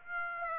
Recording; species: mosquito wingbeat signal from an infrared sensor; Aedes aegypti